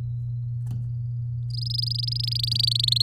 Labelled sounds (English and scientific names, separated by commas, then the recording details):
Domestic Canary (Serinus canaria) song
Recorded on 9 May 2018 at 10:46
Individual llb16